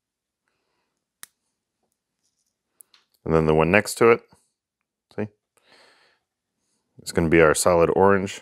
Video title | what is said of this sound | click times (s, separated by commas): Battery to Inverter Closed-Loop Communication | that's what we're going to push into until it clicks | 1.2 s